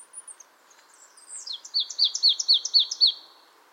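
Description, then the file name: Marsh tit giving a rapid series of sharp downward-slurred notes, each introduced by a higher tick, about four per second, over a soft steady background hiss. "Poecile palustris"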